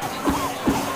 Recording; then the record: coughing mixed with background sound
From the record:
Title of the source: Spring Allergy Coughing